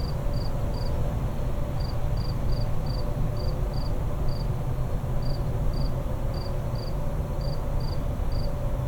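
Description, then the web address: Insect chirping, short high pulses in ones and pairs at irregular intervals, over a steady heavy low rumble of night ambience. Suburban night ambience with insects and rumble. "Suburban din night insect rumble howling. boom library Urban and Suburban"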